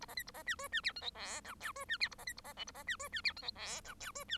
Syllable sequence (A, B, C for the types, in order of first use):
A B C A B D E D F G H I J K E D F A B C A B L A B D E D F G H I J K E D